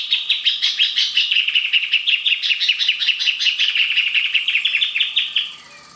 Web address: Band tailed hornero. صدای پرنده هورنرو دمنواری